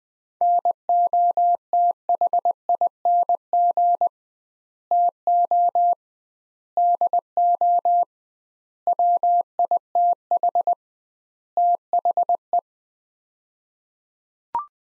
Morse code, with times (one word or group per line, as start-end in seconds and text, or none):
0.4-4.1 NOTHING
4.9-5.9 TO
6.8-8.0 DO
8.9-10.7 WITH
11.6-12.6 THE